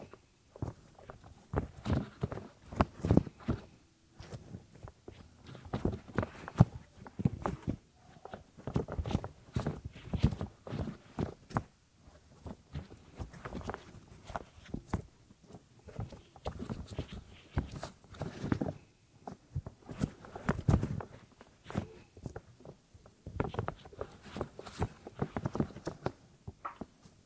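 Ear cleaning sounds made of quick, irregular scratching and rubbing bursts that crowd together with only brief quiet gaps. The crackly strokes reach from a dull low thump up to a bright hiss and keep a steady, busy pace from start to finish.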